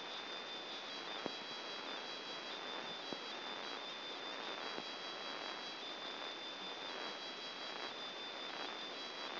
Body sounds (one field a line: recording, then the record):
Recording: brain microelectrode recording played as sound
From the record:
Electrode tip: outside the subthalamic nucleus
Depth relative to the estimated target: 4 mm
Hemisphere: left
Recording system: AlphaMap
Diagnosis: Parkinson's disease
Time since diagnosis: 11 years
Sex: male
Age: 50 years